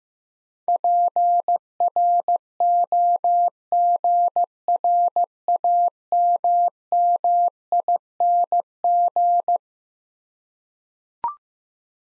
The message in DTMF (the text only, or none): none